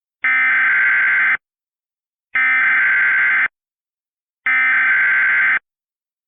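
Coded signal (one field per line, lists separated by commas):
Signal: Emergency Alert System (SAME) tones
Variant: header bursts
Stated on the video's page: Remake recreating 2005 Hurricane Dennis extreme wind warnings embedded in tornado warnings, using valid EAS tones.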